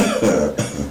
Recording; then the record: coughing mixed with background sound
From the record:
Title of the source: Spring Cold Coughing.